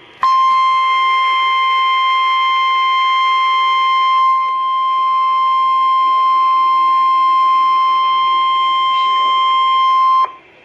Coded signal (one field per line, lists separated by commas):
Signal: Emergency Alert System (SAME) tones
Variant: 1050 Hz attention tone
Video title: Tornado Warning (EAS #85)